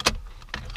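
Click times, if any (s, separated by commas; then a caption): 0.1 s. A dash wiring harness plug is pushed into the back of the HVAC/LCD display unit of a 2005 4Runner while replacing its blown screen lights. A sharp snap at 0.1 s marks the connector seating, followed by fainter ticks and a clearer tap around 0.5 s. The connector is seated.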